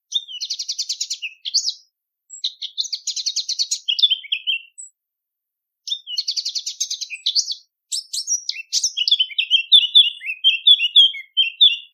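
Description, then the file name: Eurasian blackcap song: high, rapid chattering phrases of scratchy notes, several bursts separated by short pauses, ending in a run of clearer warbled notes. "capinera"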